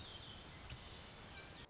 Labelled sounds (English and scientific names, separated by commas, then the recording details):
Orange-crowned Warbler (Leiothlypis celata)
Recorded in Sonoma County, California